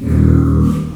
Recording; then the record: squeal of a Yucatan mini pig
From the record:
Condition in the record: after surgery on the right vocal fold (resection and tissue-engineered implant); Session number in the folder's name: 13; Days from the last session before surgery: 113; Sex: female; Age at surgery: 19 weeks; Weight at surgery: 25 kg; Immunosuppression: prednisolone